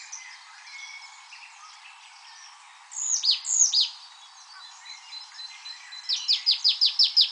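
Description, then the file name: Marsh tit calls: a few sharp, loud downslurred notes, a quieter pause, then a rapid string of several clipped, repeated high notes near the end. "Poecile palustris"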